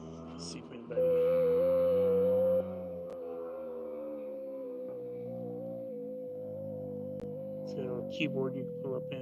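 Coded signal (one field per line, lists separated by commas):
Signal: FT8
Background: speech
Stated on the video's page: Live FT8 during a POTA park activation using secondhand QRP radios bought at a hamfest.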